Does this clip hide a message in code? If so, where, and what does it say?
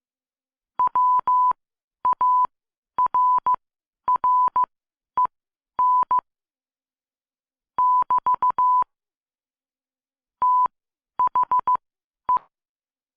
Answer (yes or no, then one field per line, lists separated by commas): yes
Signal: Morse code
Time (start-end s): 0.8-12.4 s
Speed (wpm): 15 wpm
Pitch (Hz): 1000 Hz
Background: none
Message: WARREN <BT> THE